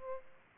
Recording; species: mosquito wingbeat signal from an infrared sensor; Aedes aegypti